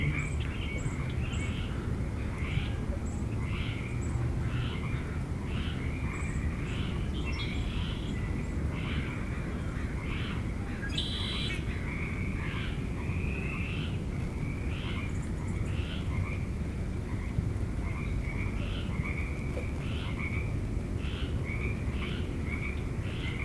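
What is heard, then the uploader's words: An outdoor recording at Magnuson Park, Seattle, with a steady low rumble underneath throughout. Repeated bird chirps come roughly once a second, with a few thin high calls early on and a brief sharp burst near the eleven-second mark. Recorded at Magnuson Park, Seattle.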